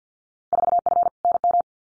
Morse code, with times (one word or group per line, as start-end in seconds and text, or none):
0.5-1.1 4F
1.2-1.6 NM